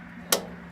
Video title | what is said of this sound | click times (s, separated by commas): CHALLENGER DESIGNS CANYON SERIES OUTDOOR KITCHEN INSTALLATION | on both sides just push it in and you'll hear a click because it's going to go past that catch just | 0.3 s